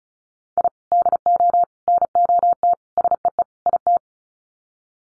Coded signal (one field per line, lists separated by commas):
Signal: Morse code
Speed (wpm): 34 wpm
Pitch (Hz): 700 Hz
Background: none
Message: I DO NOT SEE IT